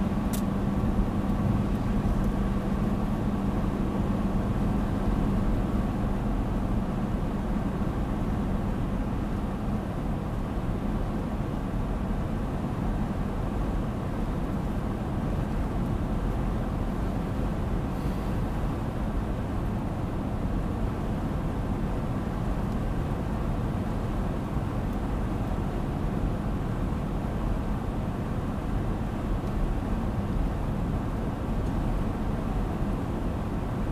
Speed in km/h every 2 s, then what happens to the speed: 97, 97, 97, 95, 95, 95, 93, 94, 92, 93, 93, 92, 92, 92, 92, 92, 93.
0-34 steady at about 93.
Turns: none.